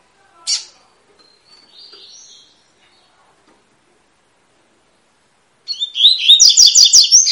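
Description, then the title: Double-collared seedeater: a sharp high note and a soft buzzy whistle, silence, then a fast bright phrase of repeated slurred notes. Tui-tui song style, used as a tutor song for teaching young birds; bird of the fibra type. "COLEIRO TUI TUI FIBRA CANTO PROFESSOR"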